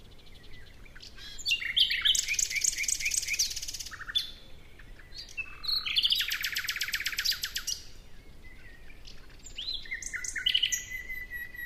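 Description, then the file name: Common nightingale song: several loud bursts of fast repeated notes separated by quieter gaps. "Luscinia megarhynchos"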